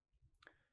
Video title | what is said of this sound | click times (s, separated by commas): How to check fuses - Boomer E1 C-DH | simply just push it back in you'll hear it click and you're good to go if you don't hear a click that | 0.5 s